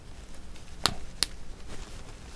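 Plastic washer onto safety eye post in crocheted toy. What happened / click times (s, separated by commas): The small plastic washer snapped home on its post / 0.9 s, 1.2 s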